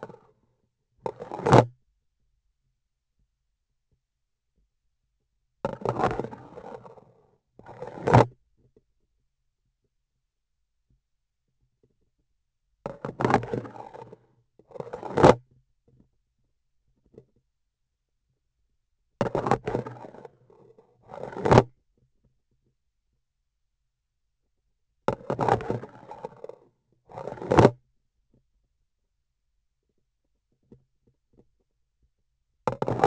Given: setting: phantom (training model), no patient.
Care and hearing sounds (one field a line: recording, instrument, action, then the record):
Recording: laparoscopic instrument, vibration sensor on the handle end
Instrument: grasping forceps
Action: insertion and removal through the trocar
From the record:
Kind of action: spatial motion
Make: other than Olympus